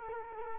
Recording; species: mosquito wingbeat signal from an infrared sensor; Culex quinquefasciatus